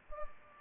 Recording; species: mosquito wingbeat signal from an infrared sensor; Culex pipiens